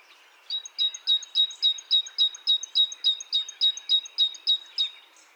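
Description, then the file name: Great tit repeating a sharp, high two-part note in one steady unbroken run of about sixteen notes over a quiet background. "Parus major"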